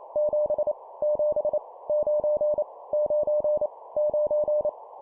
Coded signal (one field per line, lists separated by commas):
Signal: Morse code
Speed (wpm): 28 wpm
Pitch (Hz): 600 Hz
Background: none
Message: 7 7 9 9 9